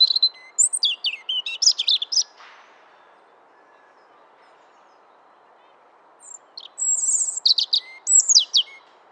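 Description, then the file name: European robin singing two high, varied phrases of sweet trills and thin whistles, separated by a pause of about four seconds, with faint hiss throughout. "Erithacus rubecula"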